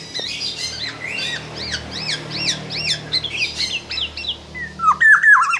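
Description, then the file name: Black-naped oriole song: a long run of repeated rising and falling slurred notes, with a few louder whistled phrases near the end and a low steady hum underneath. Singing persistently (gacor), repeatedly and nonstop, said to sing until exhausted. "BURUNG KEPODANG GACOR SAMPAI TELER"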